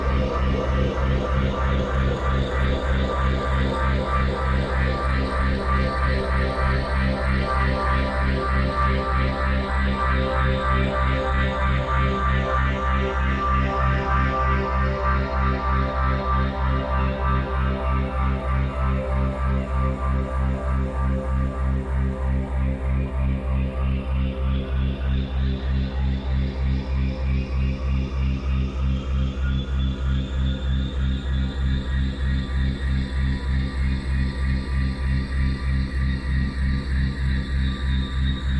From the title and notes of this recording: It's a full-spectrum binaural, meaning everything in the right channel (not just the binaural tone) is shifted up to create the 3.2 Hz binaural beat. C#65.4Hz Full-Spectrum δ 3.2Hz.